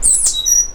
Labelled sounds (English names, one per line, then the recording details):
Stitchbird song
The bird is a male
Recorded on Tiritiri Matangi Island, New Zealand, in 2005
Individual 12, of nest box 16